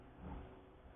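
The front barrel band is slid along the barrel of a Tokarev SVT-40 rifle toward the stock, pushed on toward its retaining spring. A low, muffled rubbing and handling rumble swells around 0.3 s and then settles, with no sharp transient. Nothing has seated or clicked yet.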